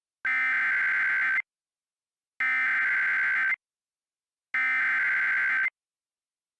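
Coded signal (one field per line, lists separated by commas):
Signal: Emergency Alert System (SAME) tones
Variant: header bursts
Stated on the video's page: Fictional EAS scenario about a parasite outbreak and quarantine, not a real broadcast.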